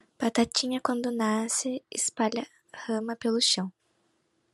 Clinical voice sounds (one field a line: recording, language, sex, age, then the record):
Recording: short text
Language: Brazilian Portuguese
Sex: female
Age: 20 to 29 years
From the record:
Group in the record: control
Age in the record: 20 years